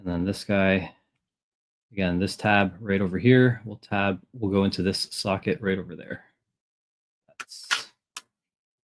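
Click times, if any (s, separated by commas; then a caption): 8.2 s. Someone talks while pushing a plastic tab on a Transformers Studio Series Ultra Magnus action figure into its matching socket during transformation. After the speech stops, a brief sound occurs around 7.4 s, followed by a short, sharp click at 8.2 s as the tab seats in the socket.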